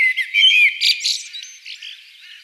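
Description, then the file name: Common blackbird making squeaky whistled notes followed by harsh, scratchy twitters that fade out. "Turdus merula"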